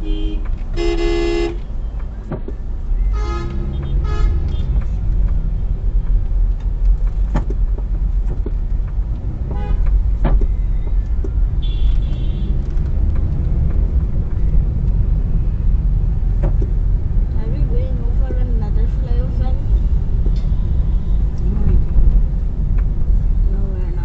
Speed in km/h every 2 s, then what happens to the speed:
3, 15, 10, 9, 13, 17, 23, 19, 22, 23, 24, 19.
0-2 speeds up to 15. 6-12 speeds up to 23. 12-20 steady at about 23.